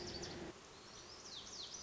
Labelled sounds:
Lazuli Bunting (Passerina amoena)
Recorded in Sonoma County, California

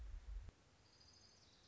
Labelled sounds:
Orange-crowned Warbler (Leiothlypis celata)
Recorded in Sonoma County, California

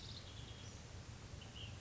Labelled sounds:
Ash-throated Flycatcher (Myiarchus cinerascens)
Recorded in Sonoma County, California

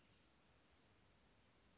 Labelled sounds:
Oak Titmouse (Baeolophus inornatus)
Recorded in Sonoma County, California

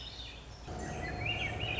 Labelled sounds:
Swainson's Thrush (Catharus ustulatus)
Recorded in Sonoma County, California

